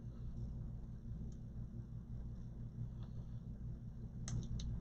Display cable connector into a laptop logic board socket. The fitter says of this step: when you get that in there make sure it clicks well even though it clicked it came back off